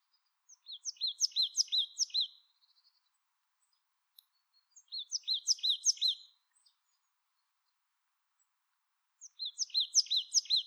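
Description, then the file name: Marsh tit calls in three bursts, each a run of short, high, sharp notes, repeated about every four seconds, with quiet gaps between. "Poecile palustris"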